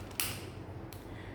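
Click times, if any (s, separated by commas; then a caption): 0.2 s. The plastic dose lever of a disc-type dry powder inhaler is pushed as far as it will go. It clicks into place at 0.2 s with a sharp, bright snap, loading a dose and opening the mouthpiece. A fainter tick follows at about 0.9 s over a low background hum.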